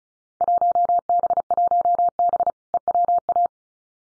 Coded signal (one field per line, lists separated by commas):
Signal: Morse code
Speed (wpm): 34 wpm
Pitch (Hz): 700 Hz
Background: none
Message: 1B1B EWA